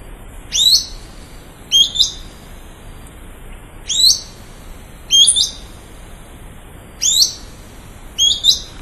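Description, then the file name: Ochre-cheeked spinetail giving sharp, high, rising notes, some doubled, repeated at irregular intervals. Recorded in Calilegua National Park on 19 July 2011. "Synallaxis-scutata 2011-07-19 PN-Calilegua Jorge-La-Grotteria"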